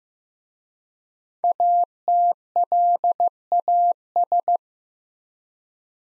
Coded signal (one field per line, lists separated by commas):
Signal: Morse code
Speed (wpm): 15 wpm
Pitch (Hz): 700 Hz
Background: none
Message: ATLAS